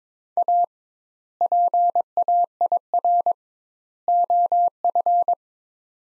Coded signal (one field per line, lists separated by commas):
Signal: Morse code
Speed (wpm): 22 wpm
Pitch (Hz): 700 Hz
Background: none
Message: A PAIR OF